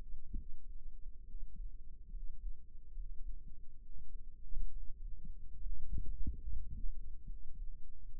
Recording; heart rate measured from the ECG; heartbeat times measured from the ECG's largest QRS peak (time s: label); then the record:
heart sounds by microphone in the right ear; 70 bpm
0.35 s: heartbeat
1.25 s: heartbeat
2.11 s: heartbeat
2.94 s: heartbeat
3.80 s: heartbeat
4.71 s: heartbeat
5.60 s: heartbeat
6.43 s: heartbeat
7.27 s: heartbeat
8.12 s: heartbeat
From the record:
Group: healthy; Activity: cold pressor test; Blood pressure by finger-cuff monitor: 107/70 mmHg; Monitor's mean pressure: 82 mmHg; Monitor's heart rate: 69 bpm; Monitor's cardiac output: 6.1 L/min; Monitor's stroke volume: 90 mL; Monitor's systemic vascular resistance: 960 dyn s/cm5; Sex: male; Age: 22 years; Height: 181 cm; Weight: 79 kg